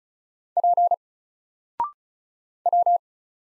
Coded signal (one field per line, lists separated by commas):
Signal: Morse code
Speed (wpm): 36 wpm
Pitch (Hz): 700 Hz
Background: none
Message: P W